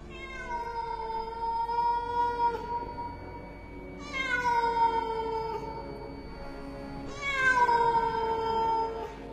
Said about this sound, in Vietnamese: Vừa mới chạy liền nghe thấy phía sau vang lên tiếng mèo, giống như tiếng trẻ con khóc nỉ non, hết đợt này đến đợt khác, tạo thành những âm thanh vô cùng đáng sợ.